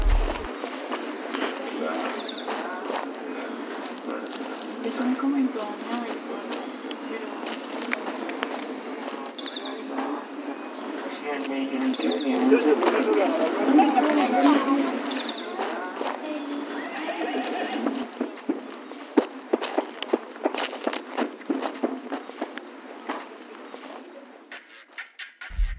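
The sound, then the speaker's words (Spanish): Horses whinny amid a busy wash of murmuring voices and shuffling footsteps of people walking through a city, with construction sounds and sharp hoof clops ringing out more clearly in the later part. The sound is muffled and narrow, like an old recording. “Allí escuchábamos sonidos que capté en ese momento, sonidos de la construcción, de caballos y de gentes que caminaban por la ciudad.”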